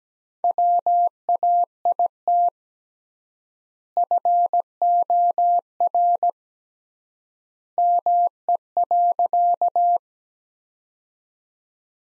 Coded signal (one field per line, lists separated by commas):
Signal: Morse code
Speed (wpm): 17 wpm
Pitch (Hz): 700 Hz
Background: none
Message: WAIT FOR ME.